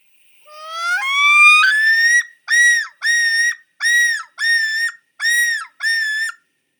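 Common Loon call: a long wail climbing in steps, then six loud, repeated, quavering notes.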